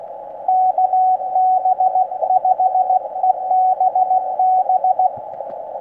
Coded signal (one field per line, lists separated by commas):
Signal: Morse code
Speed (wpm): 19 wpm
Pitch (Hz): 750 Hz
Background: radio noise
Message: KB5EBB